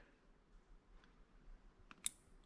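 A crimped wire terminal is pushed into the back of a sealed plastic multi-pin wire connector housing until it locks. Against a quiet background with a faint tick near 1.0 s, two sharp clicks sound at 1.9 s and 2.1 s, the second the loudest. The crimped pin contact is seated and locked in the connector.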